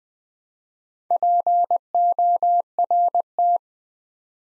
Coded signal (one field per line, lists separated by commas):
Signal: Morse code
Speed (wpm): 20 wpm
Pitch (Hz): 700 Hz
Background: none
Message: PORT